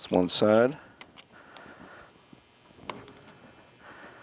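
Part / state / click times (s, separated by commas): circlip into brake master cylinder bore groove / not seated / none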